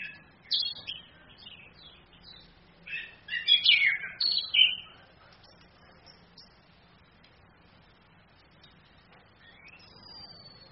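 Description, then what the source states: Orange-headed thrush singing a few quick, jumbled whistled phrases with rapid high notes, then trailing off into quiet with a faint thin whistle at the end. Female bird; recording used as a training master for other birds, played from a phone screen.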